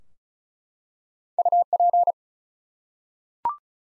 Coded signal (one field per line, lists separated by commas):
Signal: Morse code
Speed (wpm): 36 wpm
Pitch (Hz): 700 Hz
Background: none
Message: UP